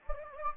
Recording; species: mosquito wingbeat signal from an infrared sensor; Anopheles gambiae